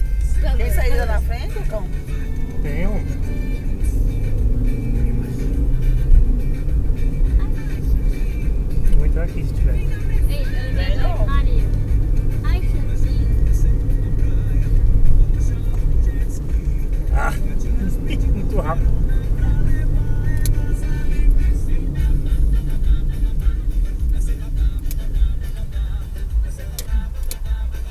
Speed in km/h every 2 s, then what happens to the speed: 26, 36, 48, 53, 57, 59, 60, 59, 54, 61, 53, 33, 19, 7.
0-12 speeds up to 60. 12-16 slows to 54. 19-28 brakes to 7.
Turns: none.